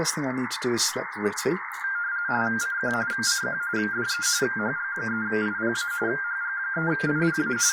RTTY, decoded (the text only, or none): CQ CQ DE HG3IPA HG3IPA